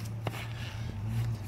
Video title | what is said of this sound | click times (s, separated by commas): Install Ford 6.7L Powerstroke Duamileage Module | there I'm going to push the little clicks there's a click let's | 0.3 s